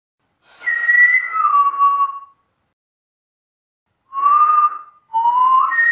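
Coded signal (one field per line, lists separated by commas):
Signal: whistled language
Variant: Silbo Gomero, French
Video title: SILBO GOMERO DEL MUNDO: FRANCÉS/IMPRESCINDIBLE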